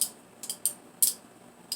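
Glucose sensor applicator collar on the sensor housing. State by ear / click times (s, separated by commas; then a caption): seated / 0.6 s, 1.0 s. The plastic collar of a Dexcom G5 glucose sensor applicator is worked on the sensor housing after its plunger has been pushed down like a syringe, giving short, bright plastic ticks at about 0.0, 0.4, 0.5 and 1.7 seconds. Two louder clicks at 0.7 and 1.0 seconds mark the collar seating in place, after which the small clear flange comes up.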